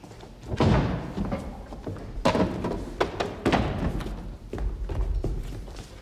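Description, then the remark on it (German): A chair with a backrest scrapes and knocks about as it is dragged into place, followed by several dull thumps and bumps as Arturo Ui settles onto it, in a 1996 staging of Brecht's The Resistible Rise of Arturo Ui with Wuttke, with no voices. “Nehmen Sie einen Stuhl mit Lehne, Herr Ui.”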